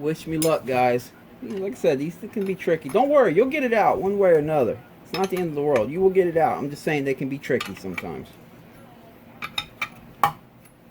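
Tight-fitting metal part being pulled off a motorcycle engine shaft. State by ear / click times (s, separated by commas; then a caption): released / 10.2 s. A puller is tightened with wrenches to free a tight-fitting metal part from the engine shaft of a Honda CRF250R (2018–2025) during a full motor rebuild with a new crank and piston. Someone talks for most of the clip, then a few small metallic clinks from the tools give way to a sharp metallic pop at 10.2 s as the press-fit part pops loose and starts coming off.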